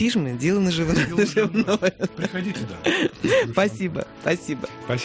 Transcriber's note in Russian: Хохочет